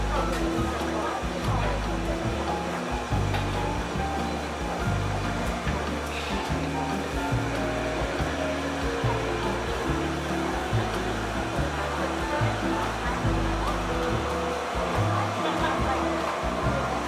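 Seaside cafe ambience: a steady, dense rush like ocean surf fills the whole recording at an even level. Underneath, low music with a shifting bass line keeps changing notes, and faint murmured voices come through, with a brief bright clink near six seconds.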